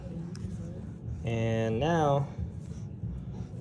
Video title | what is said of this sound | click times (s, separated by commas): Night Routine (GJ Tube Feed) | I can twist this to where it's locked into place. | 0.4 s